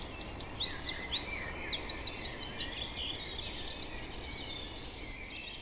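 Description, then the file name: Eurasian wren song: a fast, loud burst of high, sharp notes and rattling trills, tumbling on for about four seconds before fading, over a steady background hiss. "Troglodytes troglodytes"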